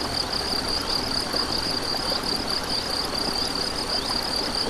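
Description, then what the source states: Crickets trill in a steady, rapidly pulsed high-pitched chorus that runs without a break, over the constant broad rush of flowing stream water. Crickets beside a stream, 7 May 2014; recorded on an MZ-N710.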